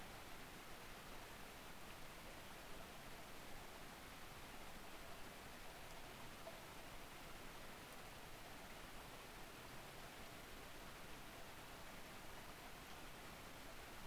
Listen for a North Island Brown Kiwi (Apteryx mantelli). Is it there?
no